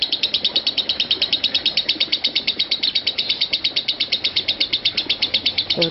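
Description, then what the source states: Lovebird producing a steady, rapid string of high, clipped chirps, evenly spaced, with a brief lower note right at the end. Konslet song style.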